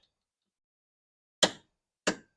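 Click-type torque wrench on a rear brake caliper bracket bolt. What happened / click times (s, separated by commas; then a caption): The torque wrench clicked at its set torque / 1.4 s. A click-type torque wrench set to 70 foot-pounds tightens the next rear brake caliper bracket bolt on a 2015 Toyota Highlander during a rear brake pad and rotor replacement. It gives a sharp click at 1.4 s, confirming the bolt is torqued to 70 foot-pounds. A second, softer click follows at 2.1 s.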